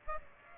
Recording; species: mosquito wingbeat signal from an infrared sensor; Aedes aegypti